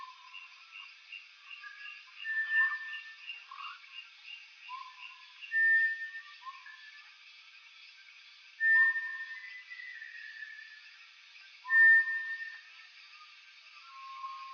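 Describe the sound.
Bartlett's tinamou calling with pure, steady whistles spaced roughly three seconds apart, over short lower whistled notes and a constant high buzzing background.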